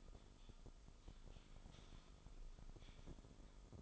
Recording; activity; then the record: daily activity, microphone in the room; typing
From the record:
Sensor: 5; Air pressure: 988.8 hPa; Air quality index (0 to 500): 235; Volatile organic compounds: 193 ppm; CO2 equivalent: 4189 ppm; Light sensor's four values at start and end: 39/124/48/51 and 39/124/48/51